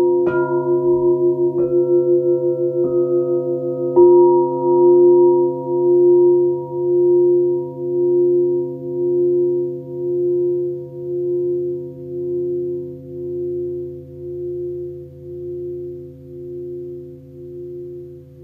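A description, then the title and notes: Four singing bowls are struck one after another in the first four seconds, a high C, low C, middle C and F, each with a soft metallic attack. Their tones then ring together as a steady, slowly throbbing drone that fades gradually over the remaining fourteen seconds. This quick grounding meditation features a high C, low C, middle C and F bowl.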